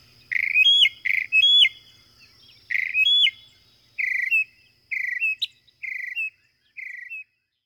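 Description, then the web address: Northern mockingbird song of bright whistled phrases, an upslurred note repeated in pairs, then shifting to a different clipped phrase repeated four times. North America; common western species. "Songs of Birds of North America Know Your Bird Sounds Common Western Species 33-Northern Mockingbird"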